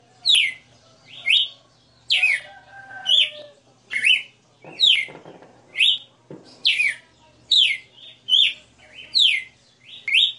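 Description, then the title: Red-cowled cardinal delivering a steady series of clear, slurred whistles, roughly once per second, with faint rustles and a low hum. Female red-cowled cardinal singing; song described as a 60-note style. "Canto Galo Campina Fêmea. Galo de Campina 60 NOTAS Cantando"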